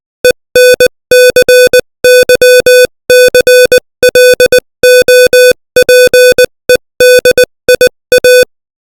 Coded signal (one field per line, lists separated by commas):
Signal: Morse code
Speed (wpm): 20 wpm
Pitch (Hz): 500 Hz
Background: music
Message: ENCYCLOPEDIA